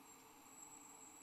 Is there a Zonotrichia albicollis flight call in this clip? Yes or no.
no